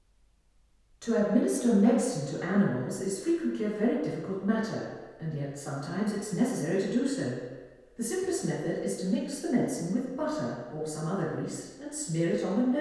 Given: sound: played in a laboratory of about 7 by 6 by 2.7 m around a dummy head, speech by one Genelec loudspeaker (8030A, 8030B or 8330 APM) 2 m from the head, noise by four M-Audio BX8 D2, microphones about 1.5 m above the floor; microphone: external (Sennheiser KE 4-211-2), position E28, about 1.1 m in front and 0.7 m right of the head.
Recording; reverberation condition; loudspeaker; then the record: female speech in English; high; 150 degrees to the right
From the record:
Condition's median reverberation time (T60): about 1300 ms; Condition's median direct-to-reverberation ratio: about -4.0 dB